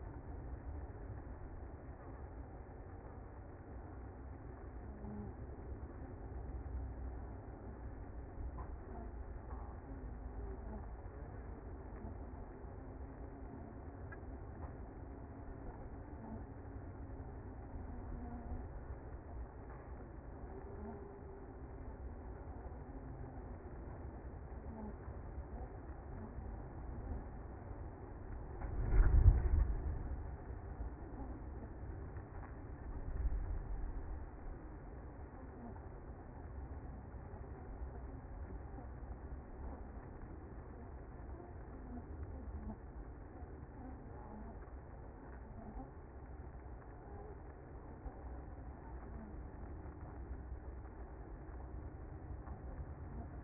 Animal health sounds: honeybee colony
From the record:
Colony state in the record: active

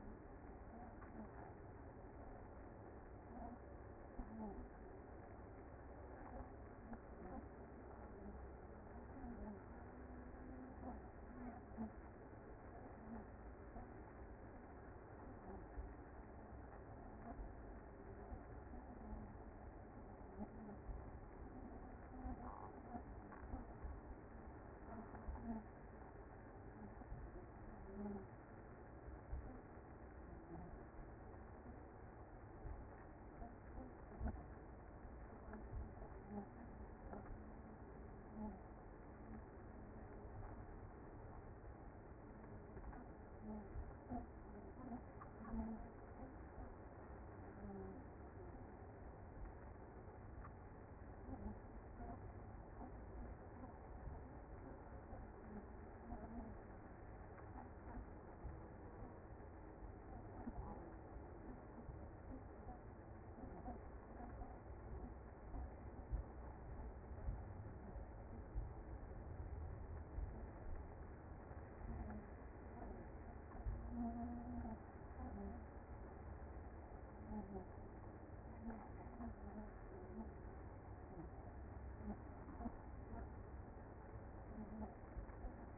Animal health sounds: honeybee colony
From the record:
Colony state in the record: active

